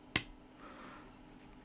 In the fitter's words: a nice click. You can definitely feel that.